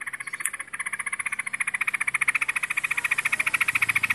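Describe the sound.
Bird delivering steady, rapid chatter, many harsh notes in quick even succession.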